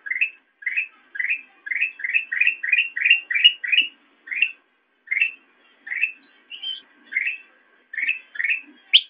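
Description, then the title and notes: Sooty-headed bulbul giving a fast, even run of short rising chirps, then slower chirps with a shrill upswept note at the end. Recording meant as a master track for training songbirds. "suara burung kutilang buat masteran"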